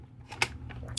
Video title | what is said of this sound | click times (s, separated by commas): TMNT 2012 (NICKELODEON) Shellraiser Review! Bert the Stormtrooper Reviews! | and then and uh go ahead and just push this guy in all the way until it locks into place and there you go | 1.0 s